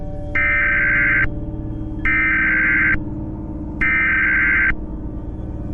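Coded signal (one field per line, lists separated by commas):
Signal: Emergency Alert System (SAME) tones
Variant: header bursts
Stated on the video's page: Compilation of six homemade EAS scenario videos, fictional alerts.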